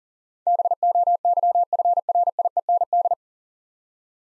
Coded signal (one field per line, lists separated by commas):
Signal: Morse code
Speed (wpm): 41 wpm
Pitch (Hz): 700 Hz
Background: none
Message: BOYFRIEND